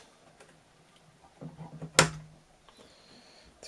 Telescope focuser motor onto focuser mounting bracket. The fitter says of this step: down till it snaps into place probably